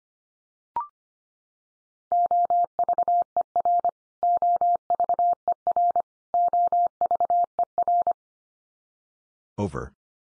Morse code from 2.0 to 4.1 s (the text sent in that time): OVER